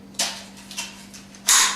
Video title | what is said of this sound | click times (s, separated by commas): skylift drone unboxing | clicks into place you want to remove you just press and take | 0.2 s, 1.5 s